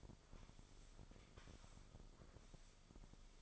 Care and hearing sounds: daily activity, microphone in the room; sweep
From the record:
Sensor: 5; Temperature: 24.6 degrees Celsius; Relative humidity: 32.2%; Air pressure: 996.1 hPa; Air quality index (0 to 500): 100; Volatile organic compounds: 6 ppm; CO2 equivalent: 1921 ppm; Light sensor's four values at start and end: 42/102/42/45 and 42/101/41/44

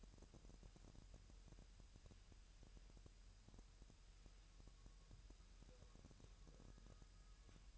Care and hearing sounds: daily activity, microphone in the room; wipe stove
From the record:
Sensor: 2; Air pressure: 1001.0 hPa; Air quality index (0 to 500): 249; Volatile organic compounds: 99 ppm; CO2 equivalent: 3747 ppm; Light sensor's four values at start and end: 10/25/10/10 and 10/25/10/11

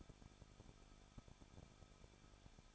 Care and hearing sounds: daily activity, microphone in the room; no activity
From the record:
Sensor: 5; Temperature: 20.8 degrees Celsius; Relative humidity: 38.6%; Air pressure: 1006.4 hPa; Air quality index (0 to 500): 191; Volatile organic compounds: 21 ppm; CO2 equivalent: 2707 ppm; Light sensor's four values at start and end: 2/3/1/1 and 2/3/1/1

